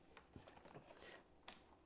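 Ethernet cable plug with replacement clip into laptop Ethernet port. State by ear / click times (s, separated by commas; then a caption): not seated / none. An RJ-45 Ethernet plug fitted with a snap-on replacement locking clip is pushed into a laptop's Ethernet port, making faint ticks and taps, with a sharper tick at about 1.5 s. The clip cannot lift far enough to latch, so the plug does not lock into place and nothing has clicked or seated yet.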